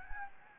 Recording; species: mosquito wingbeat signal from an infrared sensor; Anopheles gambiae